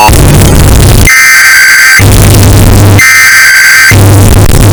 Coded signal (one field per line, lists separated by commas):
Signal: Emergency Alert System (SAME) tones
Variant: header bursts